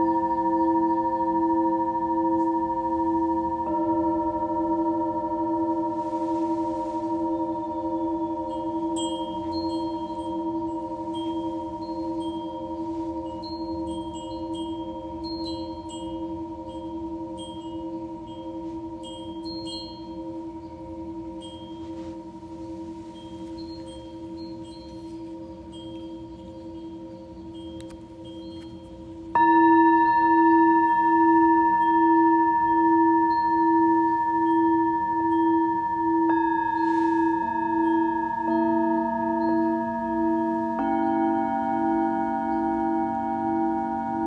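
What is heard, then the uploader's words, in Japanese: Singing bowls ring in long, steady overlapping tones that slowly fade, then a fresh louder strike near thirty seconds brings brighter layered hums. メキシコから シンギングボウルのサウンドヒーリング ライブ。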